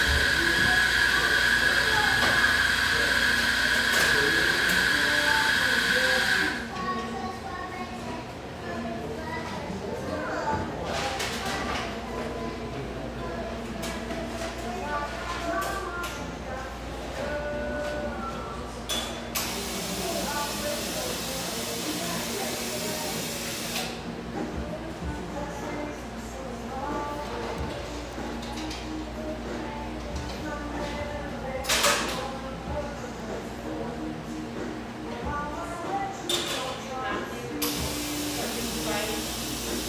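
Cafe ambience: a loud, steady hiss with a thin whistling tone fills the first six seconds, then drops away to a murmur of overlapping voices, clinks and small clatters. The hiss returns around 19 to 24 seconds, briefly near 32, and again at the end.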